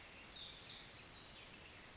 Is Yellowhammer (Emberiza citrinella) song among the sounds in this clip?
no